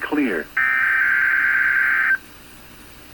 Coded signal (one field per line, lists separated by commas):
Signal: Emergency Alert System (SAME) tones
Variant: header bursts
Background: speech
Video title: Audio Tests! EAS #14-15 June 2nd, 2021